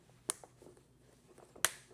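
A Pit66 floor mat's retention grommet in a 5th Gen Toyota 4Runner is pressed down onto the vehicle's floor anchor hook. Two sharp snaps are heard at 0.3 s and 1.6 s, and the mat clip is seated on the anchor.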